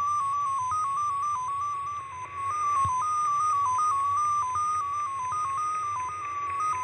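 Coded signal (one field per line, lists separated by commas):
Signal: numbers station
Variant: XPA2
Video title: 16147kHz USB BIG Message from Russian Number Station XPA2 02 05 2024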